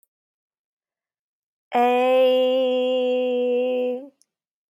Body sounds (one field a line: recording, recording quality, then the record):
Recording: sustained vowel as in made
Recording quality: excellent, no background noise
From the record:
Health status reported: healthy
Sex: female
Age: 36 years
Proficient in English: yes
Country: United States